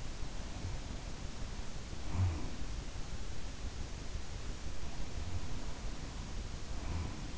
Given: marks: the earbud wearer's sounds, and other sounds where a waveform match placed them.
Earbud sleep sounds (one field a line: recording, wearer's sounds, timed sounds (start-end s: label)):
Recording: sounds in sleep by an in-ear microphone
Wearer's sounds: breath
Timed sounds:
0.33-2.86 s: breath
4.68-7.38 s: breath